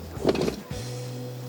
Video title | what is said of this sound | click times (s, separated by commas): Mooloolaba, QLD | Pops into place like that. You lock it in. | 0.3 s